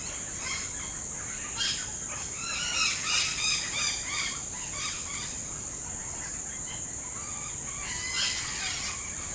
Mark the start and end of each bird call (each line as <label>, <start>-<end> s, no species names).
bird call, 0.00-0.96 s
bird call, 1.55-2.01 s
bird call, 2.41-5.30 s
bird call, 6.41-9.34 s